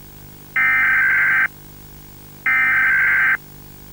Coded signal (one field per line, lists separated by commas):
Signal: Emergency Alert System (SAME) tones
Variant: header bursts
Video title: EAS Scenario | Analog Horror (THE BOILED ONE)